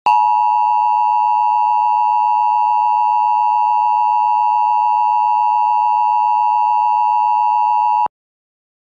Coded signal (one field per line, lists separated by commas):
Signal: Emergency Alert System (SAME) tones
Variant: 853 and 960 Hz attention tone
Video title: EAS Mock 19: Great, another thunderstorm!